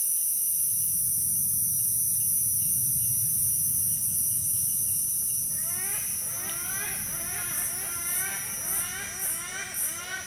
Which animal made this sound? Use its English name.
Black-and-white-casqued Hornbill